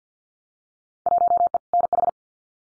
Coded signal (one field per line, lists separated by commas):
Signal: Morse code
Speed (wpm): 50 wpm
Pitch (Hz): 700 Hz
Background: none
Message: 1E NH